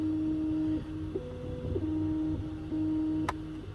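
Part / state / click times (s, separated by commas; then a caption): surface-mount electrolytic capacitor on a computer motherboard / released / 3.3 s. A steady tonal hum with shifting pitches runs through the clip while an old surface-mount electrolytic capacitor, stuck to the side wall, is worked free from an Amiga 600 motherboard during a recap. A sharp broadband pop at 3.3 s marks the capacitor disengaging and releasing from the board.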